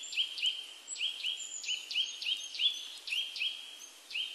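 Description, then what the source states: Willow tit calls: a fast series of high notes, about three a second. Recorded 12 April 1998.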